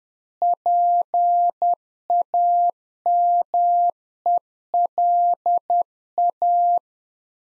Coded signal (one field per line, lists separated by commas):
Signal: Morse code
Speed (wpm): 10 wpm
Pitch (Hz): 700 Hz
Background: none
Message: PAMELA